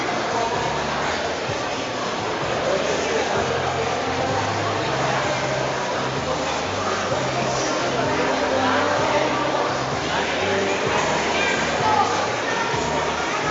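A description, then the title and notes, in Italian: Noisy hubbub during a soap-bubble workshop in a shopping centre: many overlapping voices form a dense, steady wall of chatter. Low tones pulse underneath in a regular pattern throughout, and brief brighter shouts or calls rise out of the crowd now and then. Casino durante un laboratorio di bolle di sapone e di alienazione, in un centro commerciale.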